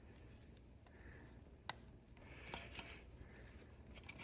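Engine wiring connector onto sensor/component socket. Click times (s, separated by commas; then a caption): 1.7 s. A plastic electrical connector is pushed onto its mating socket on a Porsche 911 engine during a coolant-hose refit. Under faint rubbing and handling noise, a sharp snap at 1.7 s marks the connector seating in place, and a few softer taps and scrapes follow.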